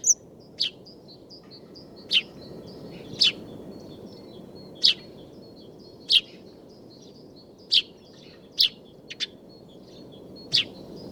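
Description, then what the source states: House sparrow chirping, loud clipped notes repeated roughly every second, one quick double chirp near the end, with constant low background hum. Two house sparrows singing and displaying while perched on nest boxes under the eaves of a small farmyard, recorded in winter in Sweden.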